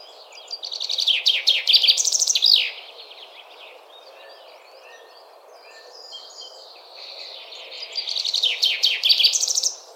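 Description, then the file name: Common chaffinch singing twice: fast descending series of chirpy notes closing with an emphatic flourish, the two phrases separated by a long pause, with a constant low rushing noise beneath. "Fringilla coelebs"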